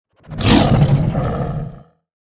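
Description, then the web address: Panther: big cat roar, a single deep, rough, drawn-out roar, loudest early and fading at the end. "pantera"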